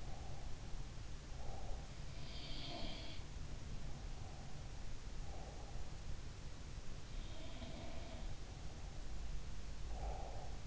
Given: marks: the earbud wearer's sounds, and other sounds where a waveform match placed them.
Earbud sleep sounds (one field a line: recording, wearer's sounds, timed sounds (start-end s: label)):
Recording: sounds in sleep by an in-ear microphone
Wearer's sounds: breath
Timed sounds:
0.00-1.82 s: breath
2.20-3.23 s: sound from someone else or the room
4.03-6.02 s: breath
7.18-8.49 s: sound from someone else or the room
9.85-10.67 s: breath